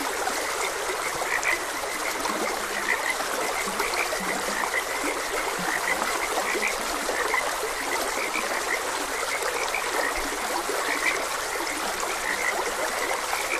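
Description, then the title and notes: Frogs croaking in a busy chorus, high short notes and some deeper croaks between, accompanied by the steady flow of a stream. Frogs croaking beside a gentle stream. "Gentle Stream and Frogs Croaking - Calming Sounds of Nature. Sleep and Relaxation Podcast"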